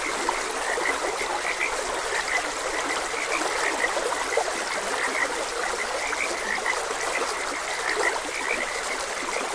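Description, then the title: A frog chorus gives many brief, high chirping notes, overlapping, while a stream trickles steadily underneath. Frogs croaking beside a gentle stream. "Gentle Stream and Frogs Croaking"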